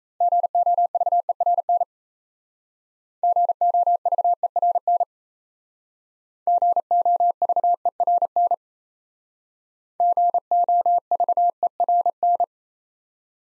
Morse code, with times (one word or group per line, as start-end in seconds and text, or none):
0.2-1.8 GOVERN
3.2-5.0 GOVERN
6.5-8.5 GOVERN
10.0-12.4 GOVERN